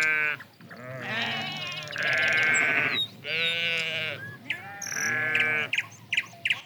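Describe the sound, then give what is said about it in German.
Several goats bleat one after another in long, wavering, nasal cries, loud and overlapping, with brief pauses between calls and a few short chirps toward the end. The goats are going out to pasture in the Dingo Pictures version of Heidi. “Jeden Morgen ging sie mit dem Geisenpeter und den Ziegen auf die Weide.”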